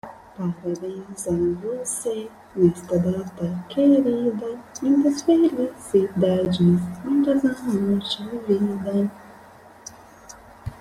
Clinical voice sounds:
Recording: short text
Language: Brazilian Portuguese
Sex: female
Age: 30 to 39 years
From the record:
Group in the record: control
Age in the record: 36 years

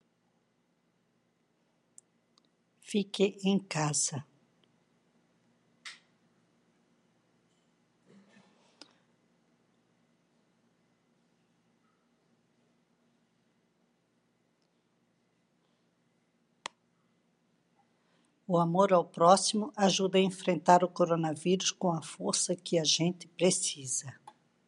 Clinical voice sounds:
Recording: spoken sentence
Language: Brazilian Portuguese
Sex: female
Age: 60 to 69 years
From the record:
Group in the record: control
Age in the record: 61 years

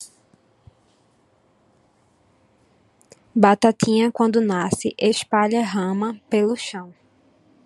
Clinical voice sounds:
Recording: short text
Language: Brazilian Portuguese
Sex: female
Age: 20 to 29 years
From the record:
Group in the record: control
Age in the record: 22 years

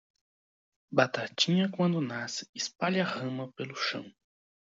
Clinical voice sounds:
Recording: short text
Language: Brazilian Portuguese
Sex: male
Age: 18 to 19 years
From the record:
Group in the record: control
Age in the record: 19 years

